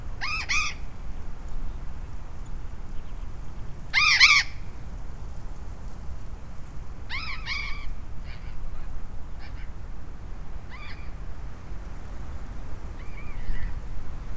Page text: Loro Barranquero Cyanoliseus patagonus · Proyecto Impactar Desafío 40 · Biblioteca Digital IADIZA